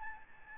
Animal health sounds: mosquito wingbeat signal from an infrared sensor; Aedes albopictus

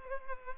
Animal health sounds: mosquito wingbeat signal from an infrared sensor; Culex pipiens

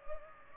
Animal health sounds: mosquito wingbeat signal from an infrared sensor; Culex pipiens

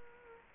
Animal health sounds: mosquito wingbeat signal from an infrared sensor; Culex quinquefasciatus

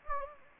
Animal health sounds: mosquito wingbeat signal from an infrared sensor; Anopheles gambiae

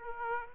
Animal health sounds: mosquito wingbeat signal from an infrared sensor; Aedes aegypti

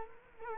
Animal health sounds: mosquito wingbeat signal from an infrared sensor; Culex quinquefasciatus

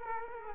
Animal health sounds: mosquito wingbeat signal from an infrared sensor; Culex quinquefasciatus

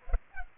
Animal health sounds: mosquito wingbeat signal from an infrared sensor; Culex pipiens

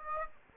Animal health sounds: mosquito wingbeat signal from an infrared sensor; Aedes aegypti

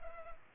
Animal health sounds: mosquito wingbeat signal from an infrared sensor; Culex pipiens

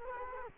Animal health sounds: mosquito wingbeat signal from an infrared sensor; Culex quinquefasciatus

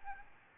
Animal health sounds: mosquito wingbeat signal from an infrared sensor; Aedes albopictus

